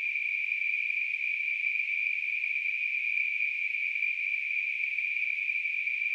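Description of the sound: A simulated tinnitus sound.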